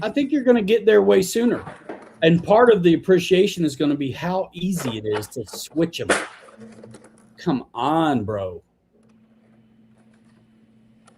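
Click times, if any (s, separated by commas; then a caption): 11.1 s. Someone talks while pushing an interchangeable 3D-printed part onto an RC car chassis, then goes quiet with a low steady hum and faint handling taps as they struggle with it. A sharp click at 11.1 s marks the part snapping home and seating.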